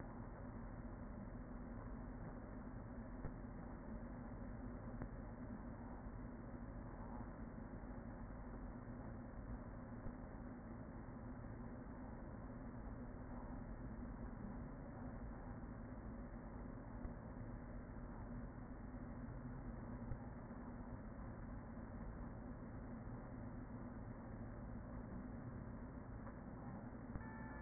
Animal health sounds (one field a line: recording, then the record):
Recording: honeybee colony, microphone inside the hive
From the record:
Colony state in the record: queen present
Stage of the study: after two queens were removed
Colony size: about 40,000 bees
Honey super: no